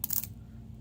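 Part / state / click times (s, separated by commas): folding clasp of a watch bracelet / seated / 0.0 s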